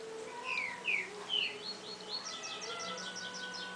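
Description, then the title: Double-collared seedeater singing three clear down-slurred notes, then a soft, rapid buzzy series of short notes, with a low background hum. "Canto Coleiro"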